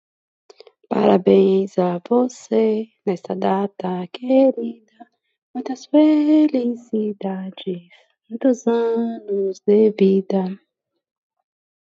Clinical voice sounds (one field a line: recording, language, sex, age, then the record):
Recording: short text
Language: Brazilian Portuguese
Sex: female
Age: 30 to 39 years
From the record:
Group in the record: control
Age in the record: 39 years